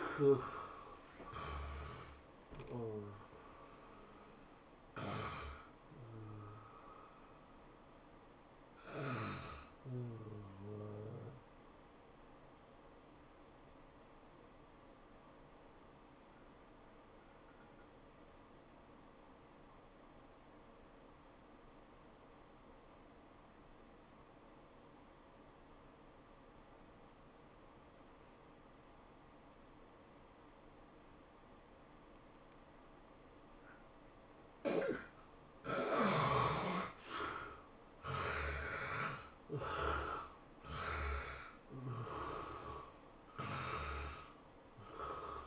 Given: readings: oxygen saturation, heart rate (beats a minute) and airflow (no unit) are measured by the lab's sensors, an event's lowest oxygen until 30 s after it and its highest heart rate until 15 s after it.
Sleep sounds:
breathing in sleep by a voice recorder at the bedside; 1
9.00-36.10 s: hypopnea (N1, oxygen 96% highest, then 74% lowest, heart rate 98 at the start, 105 highest)
22.00-45.47 s: new sleep stage, N2 (light sleep)
From the record:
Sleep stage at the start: N1 (lightest sleep); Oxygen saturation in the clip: 73 to 96%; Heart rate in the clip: 82 to 105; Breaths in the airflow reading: 9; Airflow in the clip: -14.0 to 11.2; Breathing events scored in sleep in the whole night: 403 in 5.5 hours asleep

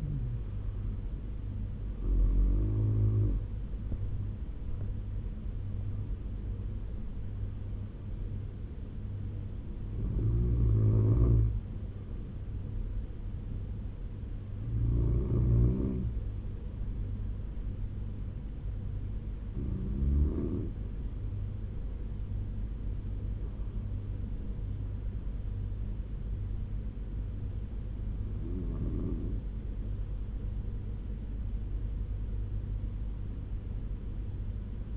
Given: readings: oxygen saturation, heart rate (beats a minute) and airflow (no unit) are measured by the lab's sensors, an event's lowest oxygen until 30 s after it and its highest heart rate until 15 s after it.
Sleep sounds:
breathing in sleep by a smartphone at the bedside; none
26.00-34.97 s: new sleep stage, N2 (light sleep)
From the record:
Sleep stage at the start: N1 (lightest sleep); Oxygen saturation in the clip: 89 to 97%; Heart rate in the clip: 66 to 85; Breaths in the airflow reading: 7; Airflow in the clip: -12.4 to 12.4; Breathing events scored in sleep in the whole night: 201 in 6.5 hours asleep

